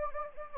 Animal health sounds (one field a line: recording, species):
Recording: mosquito wingbeat signal from an infrared sensor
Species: Anopheles gambiae